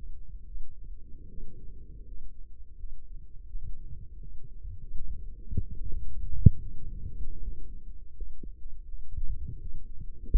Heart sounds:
heart sounds by microphone in the left ear; 79 bpm
0.44 s: heartbeat
1.26 s: heartbeat
2.03 s: heartbeat
2.75 s: heartbeat
3.46 s: heartbeat
4.18 s: heartbeat
4.95 s: heartbeat
5.74 s: heartbeat
6.58 s: heartbeat
7.39 s: heartbeat
8.14 s: heartbeat
8.86 s: heartbeat
9.58 s: heartbeat
10.29 s: heartbeat
From the record:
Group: healthy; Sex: male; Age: 35 years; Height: 178 cm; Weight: 64 kg

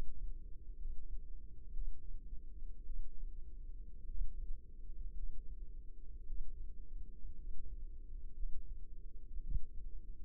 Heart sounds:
heart sounds by microphone in the left ear; 55 bpm
0.76 s: heartbeat
1.72 s: heartbeat
2.85 s: heartbeat
4.06 s: heartbeat
5.14 s: heartbeat
6.26 s: heartbeat
7.35 s: heartbeat
8.34 s: heartbeat
9.42 s: heartbeat
From the record:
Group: healthy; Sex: female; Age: 28 years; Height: 170 cm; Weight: 77 kg

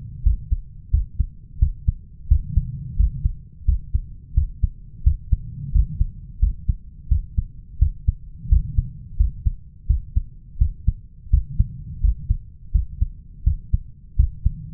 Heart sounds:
heart sounds by stethoscope; 86 bpm
0.25 s: heartbeat
0.93 s: heartbeat
1.61 s: heartbeat
2.30 s: heartbeat
2.99 s: heartbeat
3.67 s: heartbeat
4.36 s: heartbeat
5.06 s: heartbeat
5.74 s: heartbeat
6.42 s: heartbeat
7.11 s: heartbeat
7.81 s: heartbeat
8.51 s: heartbeat
9.19 s: heartbeat
9.89 s: heartbeat
10.60 s: heartbeat
11.32 s: heartbeat
12.03 s: heartbeat
12.74 s: heartbeat
13.46 s: heartbeat
14.18 s: heartbeat
From the record:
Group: healthy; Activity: rest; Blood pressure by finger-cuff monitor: 145/89 mmHg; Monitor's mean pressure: 107 mmHg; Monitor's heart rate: 87 bpm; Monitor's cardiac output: 7.1 L/min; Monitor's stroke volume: 82 mL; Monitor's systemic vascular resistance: 1130 dyn s/cm5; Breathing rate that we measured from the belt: 20 breaths a minute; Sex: male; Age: 21 years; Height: 175 cm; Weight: 72.6 kg

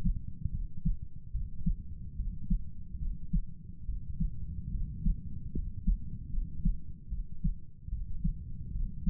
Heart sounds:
heart sounds by stethoscope; 73 bpm
0.51 s: heartbeat
1.32 s: heartbeat
2.16 s: heartbeat
2.99 s: heartbeat
3.86 s: heartbeat
4.71 s: heartbeat
5.53 s: heartbeat
6.30 s: heartbeat
7.09 s: heartbeat
7.90 s: heartbeat
8.73 s: heartbeat
From the record:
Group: healthy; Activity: rest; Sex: male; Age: 35 years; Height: 180 cm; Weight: 86.9 kg

